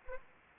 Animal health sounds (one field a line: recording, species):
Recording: mosquito wingbeat signal from an infrared sensor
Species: Anopheles arabiensis